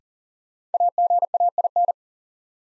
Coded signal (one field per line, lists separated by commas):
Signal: Morse code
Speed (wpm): 40 wpm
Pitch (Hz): 700 Hz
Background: none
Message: AGAIN